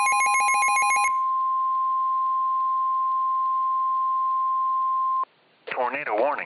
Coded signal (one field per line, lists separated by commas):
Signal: Emergency Alert System (SAME) tones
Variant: 1050 Hz attention tone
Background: speech